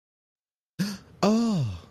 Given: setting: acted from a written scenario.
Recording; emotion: vocal sound without words; elation